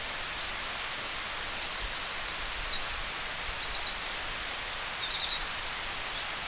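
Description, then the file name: Eurasian wren singing a long, rapid run of very high, sharp notes and trills lasting about six seconds, with steady background hiss. "Troglodytes troglodytes"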